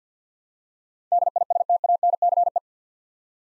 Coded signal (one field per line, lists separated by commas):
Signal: Morse code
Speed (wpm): 49 wpm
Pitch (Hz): 700 Hz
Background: none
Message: DISTANCE